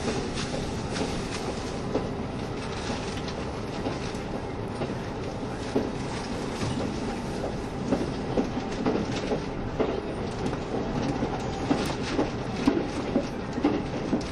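Running sound of a KiHa 72 Yufuin no Mori diesel train: a steady low rumble with frequent sharp clicks from the wheels throughout.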